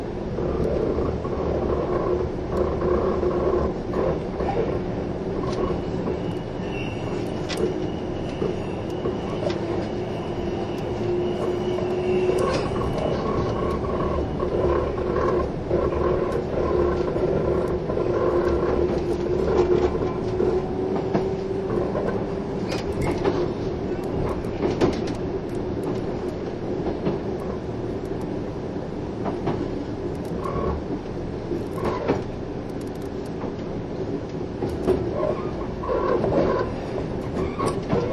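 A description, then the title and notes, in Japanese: A train runs steadily with a dense rumble and rattle, a droning tone underneath, and frequent clicks and clacks throughout. 近鉄16000系 吉野特急4508レ 01/01:吉野～大阪阿部野橋。This is the train running sound (still image) of the ``Yoshino Express''。列車走行音。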